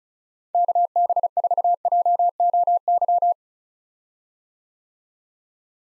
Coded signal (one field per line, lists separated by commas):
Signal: Morse code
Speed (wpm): 36 wpm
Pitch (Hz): 700 Hz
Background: none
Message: KB4JOY